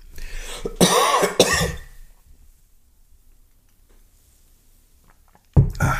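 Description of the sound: Two or three harsh, partly voiced coughs with throat clearing from an adult man with a cold and a rough voice.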